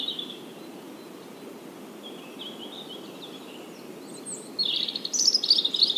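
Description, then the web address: European robin song, faint and thin at first, ending in a louder run of high, tinkling warbled notes. "SETE Erithacus rubecula"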